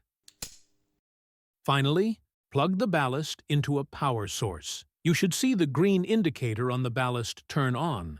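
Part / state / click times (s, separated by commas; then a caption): UV lamp and ballast assembly into the stainless steel purifier chamber / seated / 0.4 s. A UV lamp and ballast assembly is gently pushed into the stainless steel chamber of a UV water purifier. It seats with a sharp click at 0.4 s, just after a faint tick at 0.3 s. Someone then talks.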